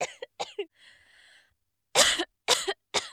Female coughing.